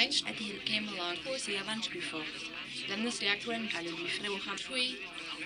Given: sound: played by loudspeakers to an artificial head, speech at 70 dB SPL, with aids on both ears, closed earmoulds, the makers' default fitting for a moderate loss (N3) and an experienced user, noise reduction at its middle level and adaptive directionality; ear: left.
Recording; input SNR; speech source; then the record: speech test signal (ISTS) in cocktail-party noise; +6 dB; in front (0 degrees)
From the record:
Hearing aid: class 2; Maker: D